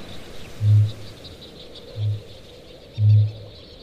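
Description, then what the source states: Kākāpō booming, three deep low booms about a second apart, with steady higher chatter of seabirds behind. One male at night on Whenuahoe island during breeding season; males gain weight and focus on booming rather than feeding; petrels and shearwaters chatter in background.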